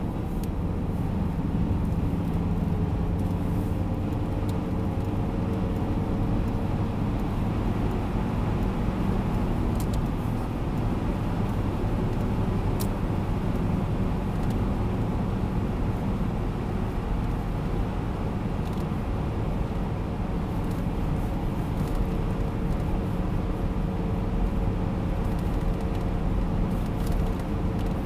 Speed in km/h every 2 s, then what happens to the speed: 91, 96, 100, 104, 106, 106, 106, 104, 103, 100, 100, 100, 99, 99.
0-9 speeds up to 106. 9-28 steady at about 100.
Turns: none.